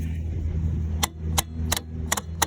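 A fuel filler cap is twisted with some force on its filler neck over a steady low hum. Its ratchet clutch clicks sharply and repeatedly at 1.0, 1.4, 1.7, 2.1 and 2.4 seconds, confirming that the cap is tightened to its torque limit.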